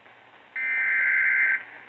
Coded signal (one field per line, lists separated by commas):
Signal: Emergency Alert System (SAME) tones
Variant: header bursts